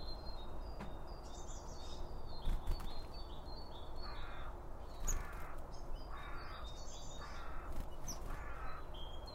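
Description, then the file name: Birds calling: several harsh, crow-like caws spaced a second or two apart, mixed with thin high chirps over a constant low background rumble. Birds around a bird feeder, recorded with two Line Audio OM 1 microphones. "Birds Around Birdfeeding With Two Om 1 From Line Audio"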